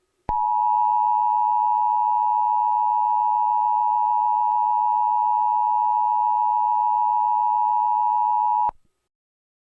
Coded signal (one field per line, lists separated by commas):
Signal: Emergency Alert System (SAME) tones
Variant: 853 and 960 Hz attention tone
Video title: 2021: An Deadly Spring, An EAS Scenario. #eas #capcut@EAS-kun @ftscenarios @JustDante